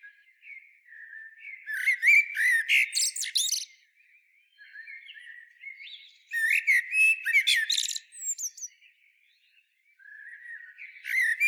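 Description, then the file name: Common blackbird song: loud bursts mixing mellow whistles with bright, scratchy high twitters, separated by quieter warbling. "Turdus merula"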